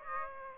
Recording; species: mosquito wingbeat signal from an infrared sensor; Aedes aegypti